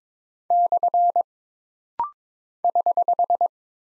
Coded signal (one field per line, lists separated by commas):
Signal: Morse code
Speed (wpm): 22 wpm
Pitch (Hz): 700 Hz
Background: none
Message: / <HH>